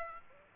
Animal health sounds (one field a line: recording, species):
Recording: mosquito wingbeat signal from an infrared sensor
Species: Aedes aegypti